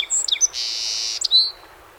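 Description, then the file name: Song sparrow song fragment: quick chips and whistled notes, a sustained buzzy burst, and a whistled ending note. Recorded 7 June 2018; 21 songs. "2018-06-07 SOSP 21 Songs"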